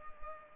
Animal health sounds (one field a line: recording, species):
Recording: mosquito wingbeat signal from an infrared sensor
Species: Culex pipiens